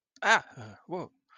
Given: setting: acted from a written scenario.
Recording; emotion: vocal sound without words; negative surprise